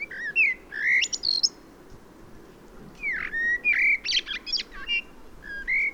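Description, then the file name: Common blackbird song: mellow whistled phrases broken by high, squeaky twitters, a pause of over a second, then another fluting phrase with high chirps. "Turdus merula"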